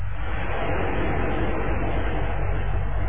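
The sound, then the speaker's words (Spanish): A steady mechanical buzzing hum, like an automatic door opening, holds at an even loudness for about three seconds, with a low droning undertone and a dense hiss on top. “Y ese zumbido es semejante al de una puerta que se abre automática.”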